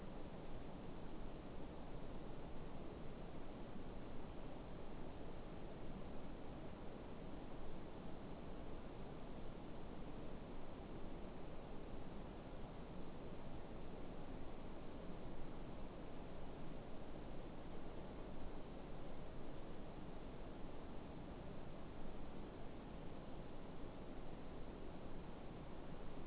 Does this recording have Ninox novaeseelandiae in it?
no